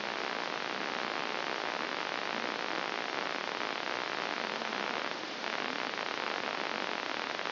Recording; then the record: brain microelectrode recording played as sound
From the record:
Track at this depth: outside the subthalamic nucleus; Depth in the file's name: 1.238 mm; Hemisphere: left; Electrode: 2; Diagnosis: Parkinson's disease